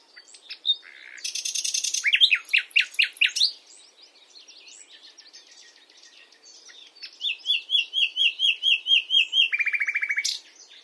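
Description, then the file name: Common nightingale song with a buzzy trill, a string of loud slurred notes, scattered chirps, then a fast series of repeated notes ending in a lower rattle. "Luscinia megarhynchos"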